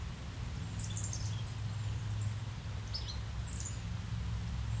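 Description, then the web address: Chickadee calls: several short high chirps spread across a few seconds, heard over constant light patter and a strong low rumble. Chickadees in light rain, 24 May. "scoutisland. light-rain-and-chickadees-24 may"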